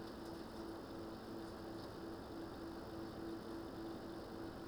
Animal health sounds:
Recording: poultry house recording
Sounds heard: no chicken sound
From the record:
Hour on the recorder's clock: 20

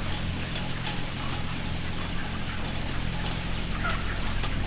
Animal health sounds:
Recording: poultry house recording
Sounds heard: healthy chickens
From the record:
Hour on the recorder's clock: 19

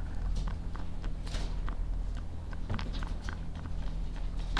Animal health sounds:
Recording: poultry house recording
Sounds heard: sick chickens (respiratory disease)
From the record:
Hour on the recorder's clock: 16

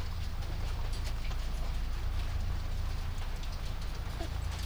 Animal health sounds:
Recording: poultry house recording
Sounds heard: sick chickens (respiratory disease)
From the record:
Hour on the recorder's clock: 0

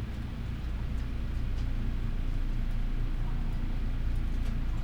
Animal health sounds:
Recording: poultry house recording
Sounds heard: healthy chickens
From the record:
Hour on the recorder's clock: 12

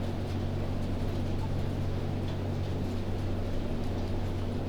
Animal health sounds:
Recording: poultry house recording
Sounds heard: healthy chickens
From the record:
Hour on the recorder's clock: 23

